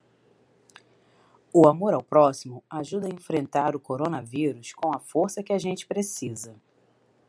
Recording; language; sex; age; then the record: spoken sentence; Brazilian Portuguese; female; 40 to 49 years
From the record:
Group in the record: control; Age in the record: 43 years